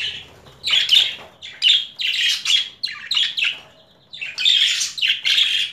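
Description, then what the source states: Budgerigar giving loud, rasping squawks in short bursts separated by brief pauses, with a quieter gap before more harsh calls. Female budgerigar; mixed sounds.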